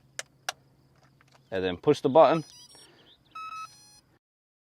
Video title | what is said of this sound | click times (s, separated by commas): BEAUTIFUL scale flying RC Helicopter - E200 UH-60 BLACKHAWK | slide it in you're going to hear a click | 0.2 s, 0.5 s